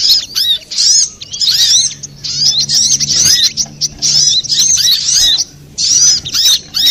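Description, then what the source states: Little spiderhunter: rapid, piercing twitters and chirps in repeated bursts with brief silences between them. Master recording for training cage birds.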